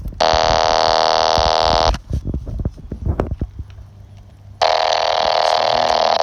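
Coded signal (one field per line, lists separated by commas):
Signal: pager alert tone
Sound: two loud harsh buzzing bursts, about 2 s and 1.6 s, with crackly static between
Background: radio static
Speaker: 27.255 and 27.265, and now we're back on 27.255. This is channel 23.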